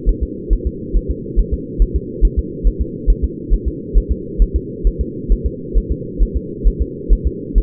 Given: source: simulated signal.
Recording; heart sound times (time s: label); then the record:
fetal heart sounds
0.09 s: S1
0.23 s: S2
0.53 s: S1
0.67 s: S2
0.97 s: S1
1.11 s: S2
1.39 s: S1
1.54 s: S2
1.82 s: S1
1.96 s: S2
2.25 s: S1
2.39 s: S2
2.67 s: S1
2.81 s: S2
3.10 s: S1
3.24 s: S2
3.54 s: S1
3.68 s: S2
3.98 s: S1
4.12 s: S2
4.42 s: S1
4.56 s: S2
4.87 s: S1
5.01 s: S2
5.32 s: S1
5.46 s: S2
5.78 s: S1
5.92 s: S2
6.23 s: S1
6.37 s: S2
6.68 s: S1
6.81 s: S2
7.13 s: S1
7.27 s: S2
7.58 s: S1
From the record:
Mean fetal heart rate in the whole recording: 135 bpm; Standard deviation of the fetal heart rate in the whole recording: 3 bpm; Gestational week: 36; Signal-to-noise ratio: -4.1 dB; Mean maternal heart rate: no maternal heart sound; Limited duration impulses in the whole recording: absent